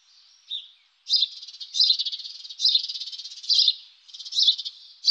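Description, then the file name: Sparrow calls, longer buzzy chirping bursts with rapid stuttering notes, repeated irregularly about once a second. "spatz"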